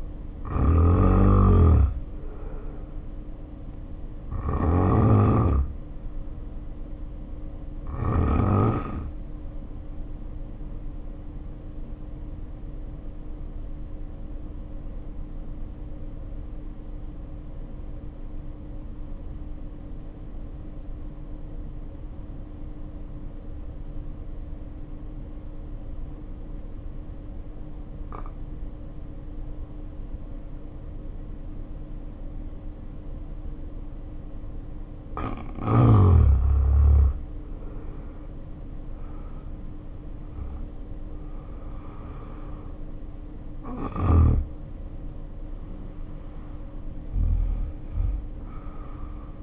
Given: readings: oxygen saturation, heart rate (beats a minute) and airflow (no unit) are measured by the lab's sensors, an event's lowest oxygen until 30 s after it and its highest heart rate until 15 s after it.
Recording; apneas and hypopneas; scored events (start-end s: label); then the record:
breathing in sleep by a smartphone at the bedside; 1
3.00-39.50 s: hypopnea (N1, oxygen 95% highest, then 78% lowest, heart rate 61 at the start, 65 highest)
From the record:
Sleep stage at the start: N1 (lightest sleep); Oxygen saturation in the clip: 79 to 95%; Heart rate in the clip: 49 to 65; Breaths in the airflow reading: 16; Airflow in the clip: -1.9 to 2.4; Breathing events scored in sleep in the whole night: 520 in 7.2 hours asleep